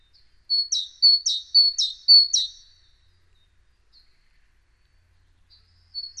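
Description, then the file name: Great tit song, four crisp two-note phrases in a row, then a long quiet pause and the start of another phrase at the end. "Parus major"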